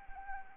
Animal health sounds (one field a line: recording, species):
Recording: mosquito wingbeat signal from an infrared sensor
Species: Anopheles arabiensis